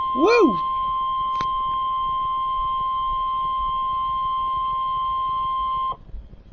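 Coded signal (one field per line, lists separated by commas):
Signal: Emergency Alert System (SAME) tones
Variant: 1050 Hz attention tone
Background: speech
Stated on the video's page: Two back-to-back severe thunderstorm warning SAME alerts for Kentucky and Indiana.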